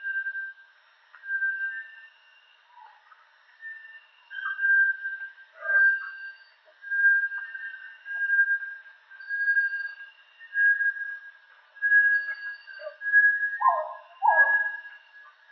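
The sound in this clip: Bartlett's tinamou calling with long, level whistled notes in a steady run, with lower burbling notes near the end and fainter higher whistles behind.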